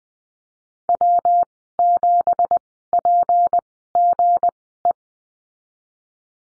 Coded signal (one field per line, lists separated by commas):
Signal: Morse code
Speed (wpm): 20 wpm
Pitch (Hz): 700 Hz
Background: none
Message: W7PGE